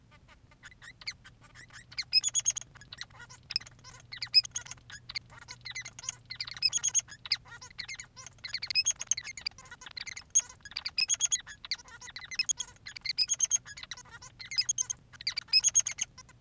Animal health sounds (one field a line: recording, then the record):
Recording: song of a male Bengalese finch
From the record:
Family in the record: son of father 3